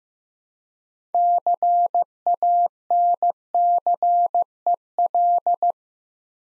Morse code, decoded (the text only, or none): CANCEL